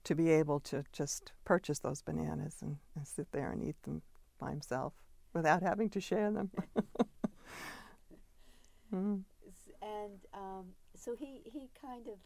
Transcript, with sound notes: to be able to just purchase those bananas and just sit there and eat them by himself without having to share them. [laughs] Hmm.
And so he — he kind of